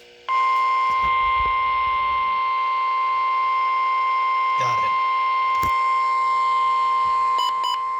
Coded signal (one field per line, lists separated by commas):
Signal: Emergency Alert System (SAME) tones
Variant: 1050 Hz attention tone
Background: speech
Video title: Tornado Watch #94 EAS#1